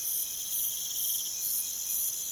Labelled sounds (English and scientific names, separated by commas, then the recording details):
none
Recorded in pastures near Puerto Asís, Putumayo, Colombia, on 23 June 2025 at 04:00
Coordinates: 0.486, -76.323
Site H29